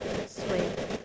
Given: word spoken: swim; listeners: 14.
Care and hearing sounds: one English word in noise, from a listening test; noise modulated by three-talker babble; -3.6 dB; 1 of 14; 6 of 14; 0.65 s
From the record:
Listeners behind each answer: 6, 3, 2, 1, 1, 1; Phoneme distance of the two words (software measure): 10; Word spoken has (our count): 1 syllable, 4 phonemes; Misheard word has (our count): 1 syllable, 4 phonemes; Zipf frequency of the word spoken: 4.42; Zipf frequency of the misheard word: 4.46

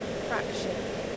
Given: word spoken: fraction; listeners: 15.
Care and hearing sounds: one English word in noise, from a listening test; speech-shaped noise; -5.2 dB; 6 of 15; 6 of 15; 0.77 s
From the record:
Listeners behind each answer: 6, 6, 1, 1, 1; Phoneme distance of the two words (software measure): 20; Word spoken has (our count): 2 syllables, 6 phonemes, stress on syllable 1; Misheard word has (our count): 2 syllables, 6 phonemes, stress on syllable 1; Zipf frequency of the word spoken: 3.82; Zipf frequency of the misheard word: 3.66

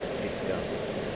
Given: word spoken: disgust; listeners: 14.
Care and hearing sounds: one English word in noise, from a listening test; speech-shaped noise; -5.1 dB; 6 of 14; 6 of 14; 0.77 s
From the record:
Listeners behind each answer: 6, 6, 2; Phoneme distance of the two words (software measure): 17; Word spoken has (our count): 2 syllables, 7 phonemes, stress on syllable 2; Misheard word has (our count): 2 syllables, 6 phonemes, stress on syllable 2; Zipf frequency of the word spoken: 3.26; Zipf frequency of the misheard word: 4.57

